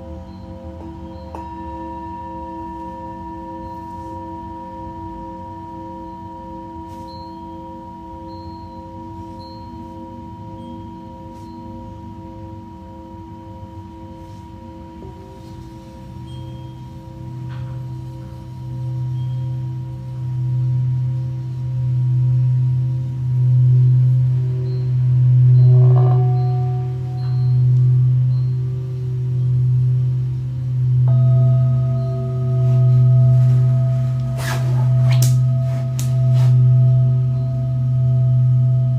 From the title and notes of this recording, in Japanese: シンギングボウルのサウンドヒーリング。チベタンシンギングボウル。